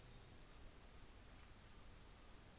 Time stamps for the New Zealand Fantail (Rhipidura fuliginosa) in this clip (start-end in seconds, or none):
none